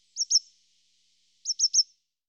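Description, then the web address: Coal tit song: two quick bursts of high, thin notes, the second burst slightly longer, in silence otherwise. "IVN Zangvogels Zwarte mees"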